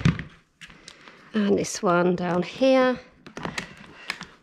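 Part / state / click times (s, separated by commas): front wheel into pushchair frame socket / seated / 4.1 s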